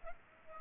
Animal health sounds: mosquito wingbeat signal from an infrared sensor; Culex pipiens

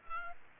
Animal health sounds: mosquito wingbeat signal from an infrared sensor; Aedes albopictus

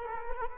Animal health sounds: mosquito wingbeat signal from an infrared sensor; Culex quinquefasciatus

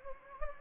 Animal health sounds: mosquito wingbeat signal from an infrared sensor; Anopheles gambiae

